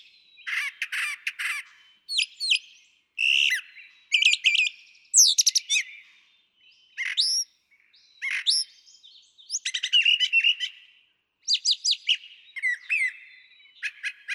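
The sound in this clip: Brown Thrasher song made of sharp, varied phrases, often doubled, with crisp high notes and slurred whistles, pausing briefly between each phrase.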